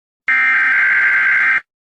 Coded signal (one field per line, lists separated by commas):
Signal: Emergency Alert System (SAME) tones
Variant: header bursts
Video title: Rating EAS Alarms Part 22: The Saga Isnt Done Yet!